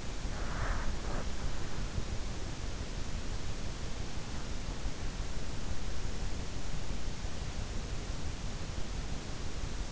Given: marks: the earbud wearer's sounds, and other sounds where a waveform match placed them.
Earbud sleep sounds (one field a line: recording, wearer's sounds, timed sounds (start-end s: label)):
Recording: sounds in sleep by an in-ear microphone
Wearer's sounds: breath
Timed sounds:
0.00-1.51 s: breath